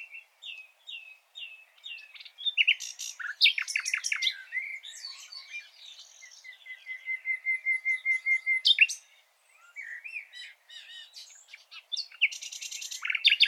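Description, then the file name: Common nightingale delivering varied phrases: slurred whistles, scratchy bursts, and a long even string of soft, quick repeated notes, ending in a harsh fast flourish. "Luscinia megarhynchos"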